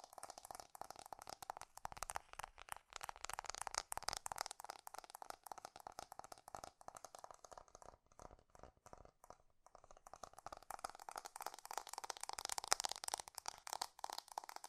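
Fast tapping runs throughout in dense, rapid bursts of crisp clicks, bright and light with little low end. The pace stays quick but uneven, thinning briefly around the ninth and tenth seconds before picking back up and growing busier toward the end.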